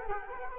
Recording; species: mosquito wingbeat signal from an infrared sensor; Culex quinquefasciatus